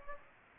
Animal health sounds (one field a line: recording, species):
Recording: mosquito wingbeat signal from an infrared sensor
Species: Aedes aegypti